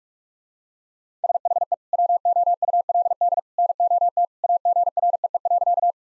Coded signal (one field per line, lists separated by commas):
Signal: Morse code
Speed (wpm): 44 wpm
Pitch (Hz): 700 Hz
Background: none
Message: SHE WOULD NOT AGREE.